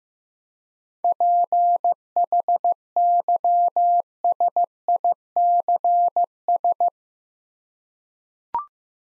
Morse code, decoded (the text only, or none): PHYSICS